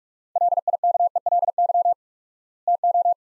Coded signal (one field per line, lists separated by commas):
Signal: Morse code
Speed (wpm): 44 wpm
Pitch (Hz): 700 Hz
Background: none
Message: LIKELY TO